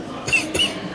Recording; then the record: coughing mixed with background sound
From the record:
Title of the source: Dry Afternoon Cough